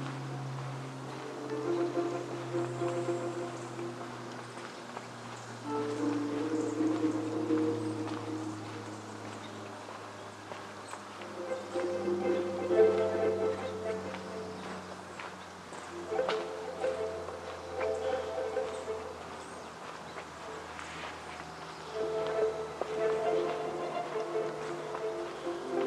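A field recording in the Upper Macleay section of Forest Park, Portland, Oregon, carried by a steady low drone, like an engine, whose pitch slowly wanders. It swells in waves around 7, 13, 17 and 23 seconds, with faint scattered ticks and rustles above.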